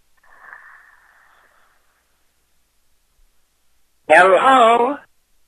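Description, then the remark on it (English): A man breathing heavily over a telephone line: a faint, thin breathy rush, a pause of silence, then one loud, voiced, groaning breath lasting about a second. “I heard some heavy breathing.”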